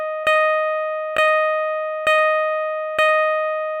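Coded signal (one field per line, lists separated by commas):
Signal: none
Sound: car parking sensor beeps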